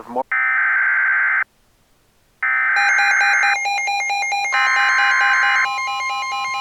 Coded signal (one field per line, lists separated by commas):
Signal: Emergency Alert System (SAME) tones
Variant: header bursts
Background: speech